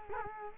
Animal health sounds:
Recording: mosquito wingbeat signal from an infrared sensor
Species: Culex quinquefasciatus

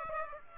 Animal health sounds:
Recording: mosquito wingbeat signal from an infrared sensor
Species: Aedes aegypti

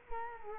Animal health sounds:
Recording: mosquito wingbeat signal from an infrared sensor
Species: Culex quinquefasciatus

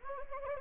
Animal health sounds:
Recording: mosquito wingbeat signal from an infrared sensor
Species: Anopheles gambiae

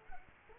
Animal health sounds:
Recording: mosquito wingbeat signal from an infrared sensor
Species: Culex quinquefasciatus

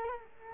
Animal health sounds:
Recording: mosquito wingbeat signal from an infrared sensor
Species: Culex quinquefasciatus

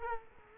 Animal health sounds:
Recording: mosquito wingbeat signal from an infrared sensor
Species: Culex quinquefasciatus

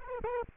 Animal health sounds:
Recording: mosquito wingbeat signal from an infrared sensor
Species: Aedes aegypti

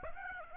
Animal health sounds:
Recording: mosquito wingbeat signal from an infrared sensor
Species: Aedes aegypti

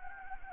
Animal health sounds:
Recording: mosquito wingbeat signal from an infrared sensor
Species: Anopheles gambiae

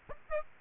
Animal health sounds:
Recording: mosquito wingbeat signal from an infrared sensor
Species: Aedes aegypti

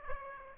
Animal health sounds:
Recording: mosquito wingbeat signal from an infrared sensor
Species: Aedes aegypti

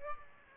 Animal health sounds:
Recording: mosquito wingbeat signal from an infrared sensor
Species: Aedes aegypti

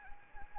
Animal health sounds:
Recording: mosquito wingbeat signal from an infrared sensor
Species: Anopheles arabiensis

